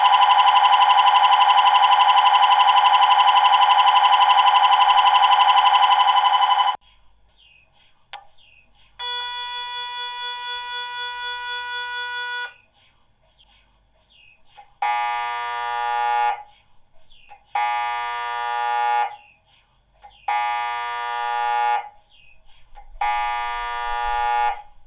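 An MRI scanner cycles through different sequences: first a loud, dense buzzing drone for about seven seconds, then a quieter pause, a steady beeping tone from about nine to twelve seconds, and finally four evenly spaced bursts of rapid, bright chirping pulses.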